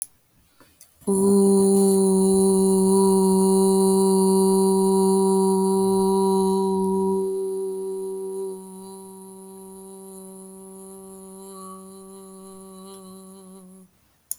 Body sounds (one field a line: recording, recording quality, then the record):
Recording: sustained vowel as in boot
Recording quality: excellent, no background noise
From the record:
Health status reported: healthy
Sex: female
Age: 31 years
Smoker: no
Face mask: not worn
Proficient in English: yes